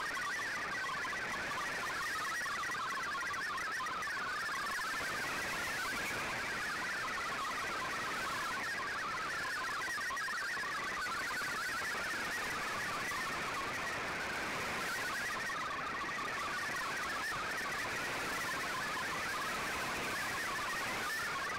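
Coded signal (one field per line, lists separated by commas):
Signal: multi-tone FSK (Olivia or MFSK type)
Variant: MFSK32 or MFSK64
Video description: Here is my decode of the Shortwave Radiogram broadcast today on 5850Khz shortwave radio at 0800UTC in MFSK32 and 64 with 11 SSTV images.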